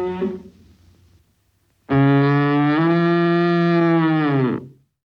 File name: Лось